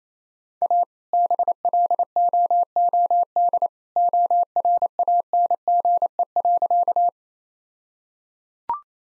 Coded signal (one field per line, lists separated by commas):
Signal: Morse code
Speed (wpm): 27 wpm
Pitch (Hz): 700 Hz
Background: none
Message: A BLOOD ORANGE.